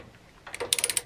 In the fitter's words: entendre le clic voilà